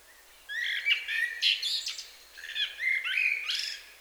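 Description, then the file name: Common blackbird song: two fluting phrases mixed with higher twittering notes, separated by a brief pause. "Turdus merula"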